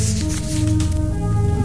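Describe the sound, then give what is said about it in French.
Thin rolling paper rustles and crinkles in soft, uneven bursts for under two seconds, over a steady low droning hum. “Le papier.”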